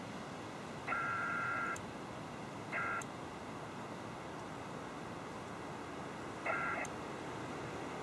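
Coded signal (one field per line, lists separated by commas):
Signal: HF data modem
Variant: PACTOR-II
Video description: P2 mode was used for this connection because of the 30m frequency (Canadian Regs!).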